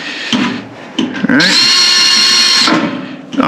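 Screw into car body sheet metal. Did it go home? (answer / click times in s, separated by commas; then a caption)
no / none. A drill power-drives a screw into the wheel-well sheet metal of a Camaro, with sharp ticks near 0.3, 1.0 and 1.3 seconds before a steady high motor whine runs from about 1.4 to 2.7 seconds and then winds down. The screw goes in, but the hole strips and it spins without holding, so nothing has seated.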